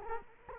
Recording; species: mosquito wingbeat signal from an infrared sensor; Culex quinquefasciatus